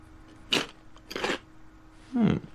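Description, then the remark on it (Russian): Three sharp, crackly crunches at an uneven pace as a character tastes crisps from a bag held in another person's hands, with quiet pauses and a faint steady hum between bites. “Пробует чипсы из пакета в руках Гугла.”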